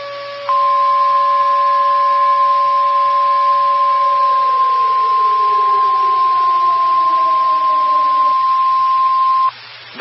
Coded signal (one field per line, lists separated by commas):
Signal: Emergency Alert System (SAME) tones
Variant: 1050 Hz attention tone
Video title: MAJOR OUTBREAK! | EAS 90-114 ITS FINALLY UPLOADED (EAS ALERTS FROM 3/30-4/2/25)